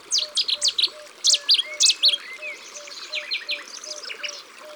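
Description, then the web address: Common nightingale song in rapid varied phrases of sharp chirps and short trills, pausing briefly, over a steady low note repeated beneath. "Rossignol-philomele abc-de-la-nature"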